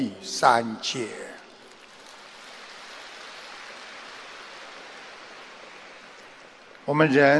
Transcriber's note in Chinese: 掌声